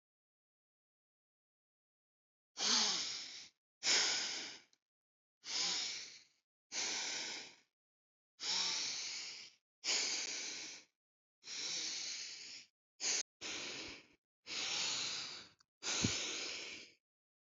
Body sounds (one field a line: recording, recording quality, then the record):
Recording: deep breathing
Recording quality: excellent, no background noise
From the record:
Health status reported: healthy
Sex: male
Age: 47 years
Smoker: yes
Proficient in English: yes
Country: India